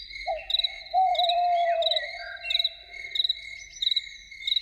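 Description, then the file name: Loon giving a short note, then a longer drawn-out wail, over a continuous, regularly pulsing insect chorus. Evening. "Evening with Loons"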